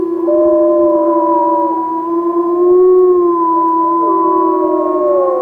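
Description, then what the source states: Gray wolf howls, several sustained smooth tones held together in a chorus, one voice dipping and wavering while the others stay steady. Lamar Canyon pack, Yellowstone, recorded in January from the road, from inside a car.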